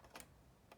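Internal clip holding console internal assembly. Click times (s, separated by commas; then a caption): 0.2 s. During disassembly of a PS5 console, with the screws already removed, a stuck internal part is pushed until the internal clip holding the console's internal assembly gives. Two sharp clicks are heard close together at about 0.2 s, followed by a fainter tick at 0.7 s. The clip releases and the part comes free.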